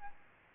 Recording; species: mosquito wingbeat signal from an infrared sensor; Aedes albopictus